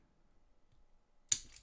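While pressing on a 1992 LEGO Town Classic set 6511-1 Rescue Runabout brick model, its plastic window piece pops loose with a sharp snap at 1.3 s, followed by a softer tick at 1.6 s. The window has come off the model.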